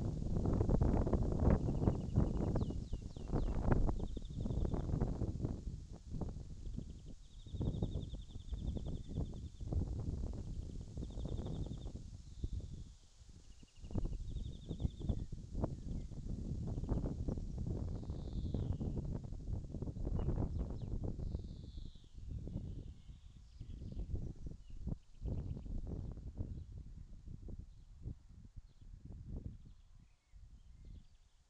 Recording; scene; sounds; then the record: everyday scene through a hearing-aid microphone; wind on the microphone; wind, birds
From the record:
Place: in front of a rural house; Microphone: in the ear canal, left